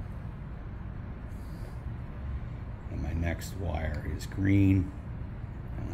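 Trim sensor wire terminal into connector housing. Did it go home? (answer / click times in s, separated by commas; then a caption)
no / none. A green wire terminal for an EVC D & E trim sensor is picked up and lined up with the connector housing while someone talks over a steady low background hum. Nothing has seated or clicked yet; the terminal is only pushed through to snap home after this stretch.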